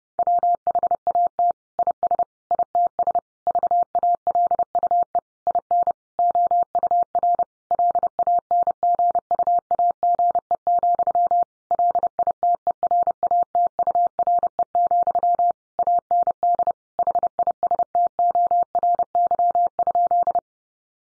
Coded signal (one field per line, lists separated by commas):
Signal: Morse code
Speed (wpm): 30 wpm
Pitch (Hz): 700 Hz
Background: none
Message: WHAT IS ITS VALUE IN OUR LANGUAGE, LITERATURE, AND HISTORY?